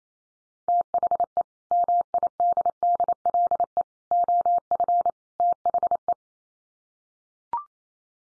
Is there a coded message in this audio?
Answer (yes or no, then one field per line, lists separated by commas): yes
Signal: Morse code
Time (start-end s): 0.7-6.1 s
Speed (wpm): 28 wpm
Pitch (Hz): 700 Hz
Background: none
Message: THE MIDDLE OF THE